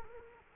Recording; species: mosquito wingbeat signal from an infrared sensor; Culex quinquefasciatus